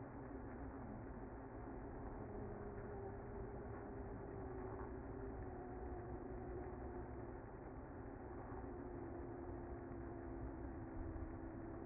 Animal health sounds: honeybee colony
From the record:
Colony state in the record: active

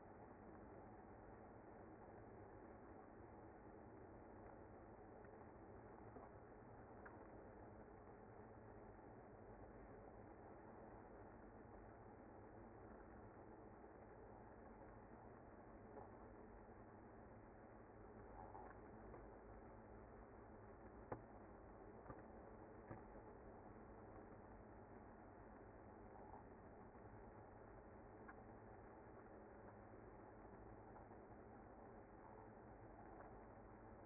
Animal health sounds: honeybee colony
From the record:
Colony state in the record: active

